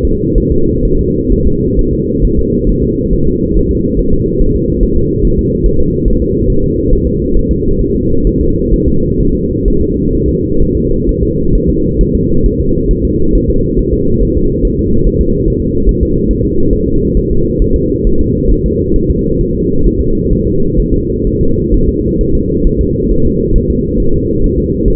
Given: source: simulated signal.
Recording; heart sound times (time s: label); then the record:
fetal heart sounds
0.05 s: S2
0.38 s: S1
0.52 s: S2
0.85 s: S1
0.99 s: S2
1.32 s: S1
1.47 s: S2
1.79 s: S1
1.93 s: S2
2.25 s: S1
2.39 s: S2
2.69 s: S1
2.84 s: S2
3.13 s: S1
3.27 s: S2
3.57 s: S1
3.71 s: S2
3.99 s: S1
4.13 s: S2
4.41 s: S1
4.56 s: S2
4.83 s: S1
4.97 s: S2
5.25 s: S1
5.39 s: S2
5.66 s: S1
5.80 s: S2
6.08 s: S1
6.22 s: S2
6.50 s: S1
6.64 s: S2
6.93 s: S1
7.07 s: S2
7.37 s: S1
7.51 s: S2
7.81 s: S1
7.95 s: S2
8.27 s: S1
8.41 s: S2
8.74 s: S1
8.88 s: S2
9.21 s: S1
9.35 s: S2
9.68 s: S1
9.82 s: S2
10.15 s: S1
10.29 s: S2
10.62 s: S1
10.77 s: S2
11.09 s: S1
11.23 s: S2
11.55 s: S1
11.70 s: S2
12.01 s: S1
12.15 s: S2
12.46 s: S1
12.60 s: S2
12.91 s: S1
13.05 s: S2
13.35 s: S1
13.50 s: S2
13.79 s: S1
13.94 s: S2
14.23 s: S1
14.37 s: S2
14.65 s: S1
14.79 s: S2
15.06 s: S1
15.21 s: S2
15.48 s: S1
15.62 s: S2
15.89 s: S1
16.03 s: S2
16.31 s: S1
16.45 s: S2
16.73 s: S1
16.88 s: S2
17.17 s: S1
17.31 s: S2
17.62 s: S1
17.76 s: S2
18.07 s: S1
18.21 s: S2
18.52 s: S1
18.66 s: S2
18.96 s: S1
19.10 s: S2
19.41 s: S1
19.55 s: S2
19.86 s: S1
20.00 s: S2
20.33 s: S1
20.47 s: S2
20.80 s: S1
20.94 s: S2
21.27 s: S1
21.41 s: S2
21.74 s: S1
21.89 s: S2
22.21 s: S1
22.35 s: S2
22.67 s: S1
22.81 s: S2
23.11 s: S1
23.26 s: S2
23.56 s: S1
23.70 s: S2
24.00 s: S1
24.14 s: S2
24.44 s: S1
24.58 s: S2
24.88 s: S1
From the record:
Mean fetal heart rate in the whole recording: 135 bpm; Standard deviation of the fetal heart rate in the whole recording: 3 bpm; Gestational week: 36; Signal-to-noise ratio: -16.4 dB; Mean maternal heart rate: 72 bpm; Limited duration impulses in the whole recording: present